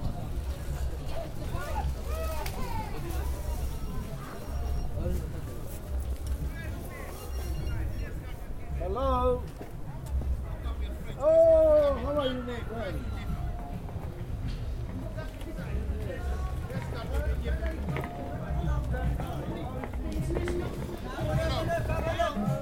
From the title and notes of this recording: To Brixton (Electric Avenue). I took the train and tube to Brixton, arriving in Electric Avenue, probably for a gig or to go dancing.